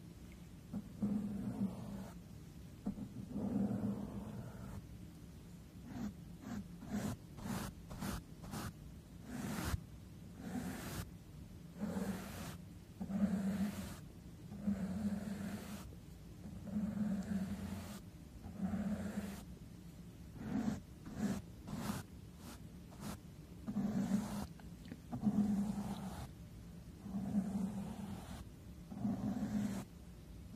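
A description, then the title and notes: Something brushes, scratches and strokes directly against a microphone in repeated passes. Soft low rubbing swells arrive about every one to two seconds, broken by sharp scratchy clicks, with a quick flurry of dense strokes around six to ten seconds. MICROPHONE BRUSHING, SCRATHCHING & STROKING.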